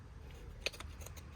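A door handle piece is pressed into an FJ car door with some force and snaps into place with a sharp click at 0.7 s. A few fainter ticks follow at about 0.8, 1.1 and 1.4 s over a low background hum, and the part is seated.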